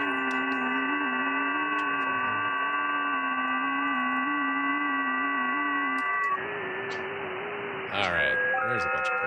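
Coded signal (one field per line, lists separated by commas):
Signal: FT8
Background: speech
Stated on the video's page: Live HF stream hunting park activations during a state QSO party weekend, rough conditions.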